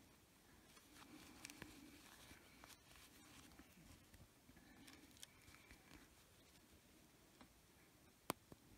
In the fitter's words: some good clicks there.